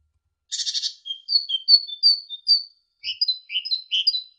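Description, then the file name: Great tit song opening with a harsh buzzy rattle, then a rapid string of sharp whistled notes hopping between higher and lower pitches. Indonesian masteran recording of great tit song for training songbirds, uploaded November 2014. "suara masteran great tit"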